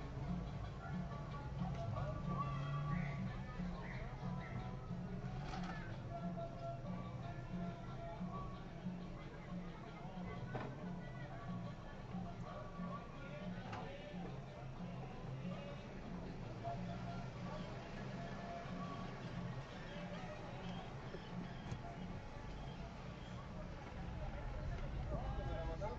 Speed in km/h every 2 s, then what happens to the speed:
2, 4, 3, 0, 0, 0, 0, 0, 0, 0, 0, 3, 8.
0-5 steady at about 3. 5-21 standing. 21-26 pulls away to 8.